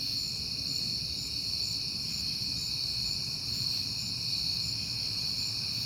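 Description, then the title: Crickets chirping in a high chorus, with a fainter repeated chirp above it, over low rumble. Crickets recorded on a peaceful night in September. "Night Time: Crickets and Passing Cars"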